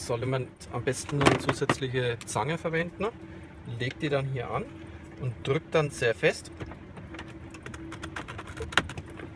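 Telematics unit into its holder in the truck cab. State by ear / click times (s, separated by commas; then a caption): seated / 8.8 s. In a Mercedes Actros MP4 truck cab, someone talks while pliers are placed on a GPSoverIP telematics unit and pressed very hard to force it into its plastic mounting holder. After a few small clicks and creaks, the unit snaps into the holder with a sharp click at 8.8 s. The latching point is deliberately very stiff to stop vibration.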